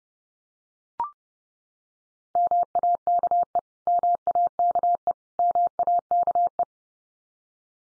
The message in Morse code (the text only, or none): MAKE MAKE MAKE